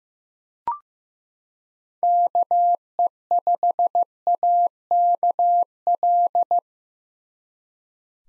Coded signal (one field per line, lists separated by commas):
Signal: Morse code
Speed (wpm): 15 wpm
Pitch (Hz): 700 Hz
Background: none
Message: KE5AKL